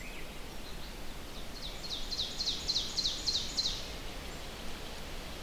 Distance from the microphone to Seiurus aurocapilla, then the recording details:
about 60 m. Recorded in boreal forest in Alberta, Canada, on 4 June 2016 at 07:24. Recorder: SongMeter 3, array SBT-3-51. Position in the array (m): 268 m, 118 m. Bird 28